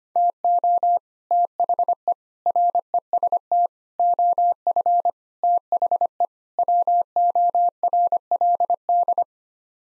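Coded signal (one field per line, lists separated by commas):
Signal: Morse code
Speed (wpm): 25 wpm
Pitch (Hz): 700 Hz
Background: none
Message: TO THE REST OF THE WORLD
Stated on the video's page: Morse practice drill of six-word sets sent at 25 wpm for head-copying.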